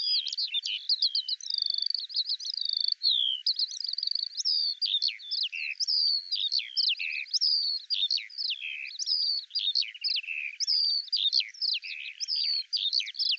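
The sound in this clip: Eurasian skylark song, a dense, unbroken stream of high warbled chirps and slurred whistles, rapid and varied, with no other sounds.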